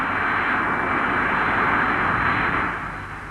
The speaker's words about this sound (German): Sie war vielleicht zu übersehen im ersten Augenblick. Zu überhören war sie nicht. Und als sie heranrollte, war sie auch nicht mehr zu übersehen. Und schließlich sah sie auch nicht mehr aus wie alle anderen Flugzeuge.